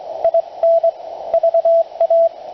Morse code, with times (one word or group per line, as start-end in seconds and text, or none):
0.2-0.9 IN
1.3-2.3 VA